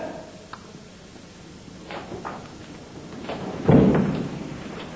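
Irregular heavy thumps against a wooden door, several dull blows spaced apart, then a louder, booming bang near the end, with no voices.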